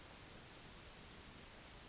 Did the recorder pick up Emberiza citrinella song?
no